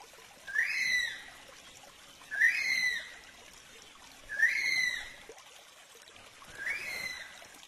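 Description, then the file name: Kiwi calls, four shrill whistles that rise then fall slightly, repeated roughly every two seconds, with the last one softer, over a quiet background. "canto do passaro kiwi"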